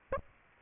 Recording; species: mosquito wingbeat signal from an infrared sensor; Aedes albopictus